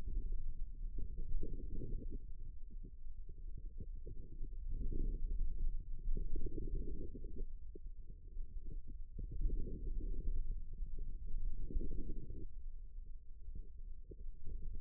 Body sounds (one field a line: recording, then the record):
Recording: forearm muscle sounds (acoustic myography)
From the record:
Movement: ulnar deviation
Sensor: system 2, bracelet of six BSWA MPA416 microphones around the upper forearm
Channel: 4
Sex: female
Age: 25 years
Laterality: right